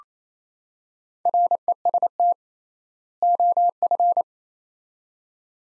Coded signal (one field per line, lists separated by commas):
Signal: Morse code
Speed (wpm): 28 wpm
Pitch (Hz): 700 Hz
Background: none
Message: REST OF